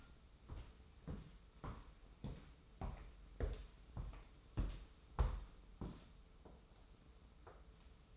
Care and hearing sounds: daily activity, microphone in the room; walk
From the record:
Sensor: 1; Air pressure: 994.4 hPa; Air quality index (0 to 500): 218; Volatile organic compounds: 1000 ppm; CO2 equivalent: 7800 ppm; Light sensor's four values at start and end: 90/199/89/92 and 80/179/79/82

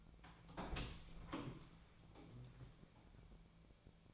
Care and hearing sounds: daily activity, microphone in the room; open door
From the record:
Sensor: 1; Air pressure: 1000.5 hPa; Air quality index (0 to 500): 186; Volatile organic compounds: 5 ppm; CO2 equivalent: 1715 ppm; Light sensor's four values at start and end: 11/27/11/13 and 11/27/11/13

